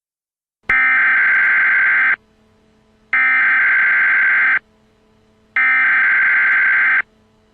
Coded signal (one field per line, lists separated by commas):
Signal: Emergency Alert System (SAME) tones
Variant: header bursts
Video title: All EAS Scenario Videos (PART 1)